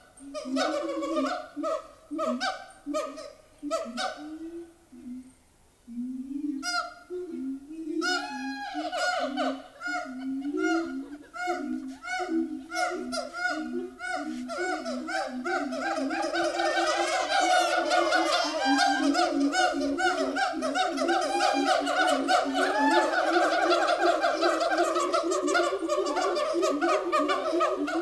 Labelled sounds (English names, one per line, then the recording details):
Siamang
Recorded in captivity
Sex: group
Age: diverse
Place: Zoo Berlin, Berlin, DE
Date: 2000-09-07 14:45
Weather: heiter, 16°C
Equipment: Nagra SN, Kopie Uher 4000 Report Monitor
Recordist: Tembrock, Günter